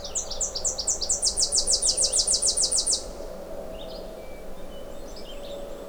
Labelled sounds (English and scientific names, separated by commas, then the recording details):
Red-eyed Vireo (Vireo olivaceus) song
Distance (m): 60 m
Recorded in boreal forest in Alberta, Canada, on 26 May 2016 at 07:05
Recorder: SongMeter 3, array SBT-3-15
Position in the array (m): 124 m, 92 m